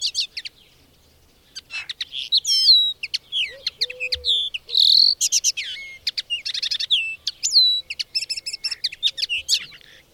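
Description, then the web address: Dense bird song with varied high chirps, slurred whistles and stuttering trills, continuous for most, with a soft low whistle underneath. "madarak enek"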